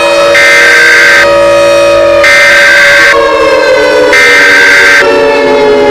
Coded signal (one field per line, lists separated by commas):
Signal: Emergency Alert System (SAME) tones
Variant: header bursts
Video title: eas scenario catemojibabyheat part 1